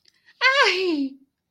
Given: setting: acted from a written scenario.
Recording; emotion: vocal sound without words; positive surprise